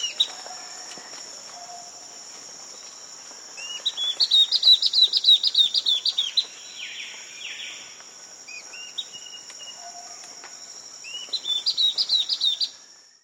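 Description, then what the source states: Spot-backed antbird: two bursts of quick, high notes in rapid series, with a steady high hum and scattered faint chirps. South America.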